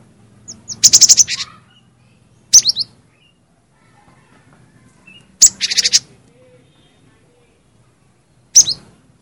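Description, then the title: Cinereous tit calls: two harsh buzzy rattling bursts, each about half a second long, with short sharp high chirps between and after them and a faint low hum. "G3latik b4t0 suara burung gelatik winko"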